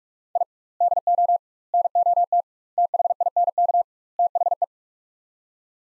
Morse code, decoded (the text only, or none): I DO NOT THINK THE